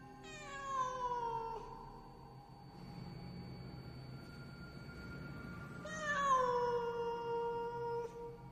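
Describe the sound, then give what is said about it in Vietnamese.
A large black cat in a hibiscus hedge lets out a long, drawn-out meow that slides downward in pitch, then growls low and rough for several seconds before giving a second wailing meow. No one speaks. “Ngay khi tôi quyết định quay lưng đi, đến nhà chú Tình cầu cứu, thì bỗng nhiên trong bụi rậm, nơi có con vật mà nãy giờ tôi vẫn cứ nghĩ là con mèo, bỗng nhiên phát ra những tiếng gừ gừ.”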